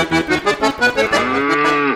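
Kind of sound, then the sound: animal, cows mooing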